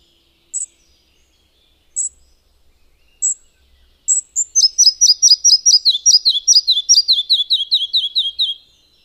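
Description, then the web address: Red-breasted flycatcher song: three isolated high notes, then a long, even run of repeated notes that drifts steadily lower in pitch before ending. "agykontroll Madardalok Cd 1. Kis légykapó"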